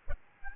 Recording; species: mosquito wingbeat signal from an infrared sensor; Aedes albopictus